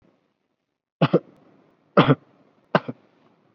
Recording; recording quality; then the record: shallow voluntary cough; excellent, no background noise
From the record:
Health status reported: exposed to COVID-19, no respiratory illness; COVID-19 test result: negative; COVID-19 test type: RT-PCR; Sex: male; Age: 22 years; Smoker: no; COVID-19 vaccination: one dose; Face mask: worn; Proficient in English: yes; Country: India